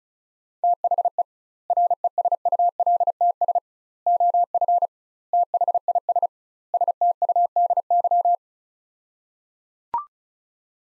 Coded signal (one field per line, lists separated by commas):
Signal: Morse code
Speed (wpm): 36 wpm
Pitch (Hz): 700 Hz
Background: none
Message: THE RESULTS OF THIS STUDY